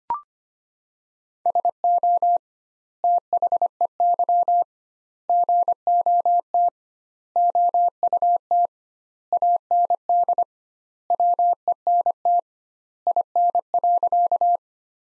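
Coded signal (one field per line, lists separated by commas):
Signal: Morse code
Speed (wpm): 25 wpm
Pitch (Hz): 700 Hz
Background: none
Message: SO THEY GOT OUT AND WENT IN.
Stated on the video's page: Practice sentences from top 300 words at 25 wpm with 2x word-spacing, a word-based approach analogous to Farnsworth.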